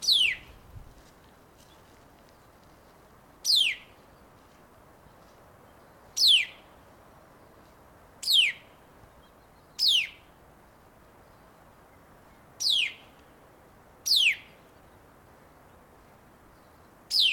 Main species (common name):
White-browed Laughingthrush